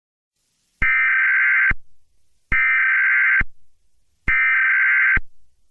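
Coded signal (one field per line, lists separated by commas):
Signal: Emergency Alert System (SAME) tones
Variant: header bursts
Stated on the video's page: Fictional Emergency Alert System scenario about a sentient fireball attacking North America.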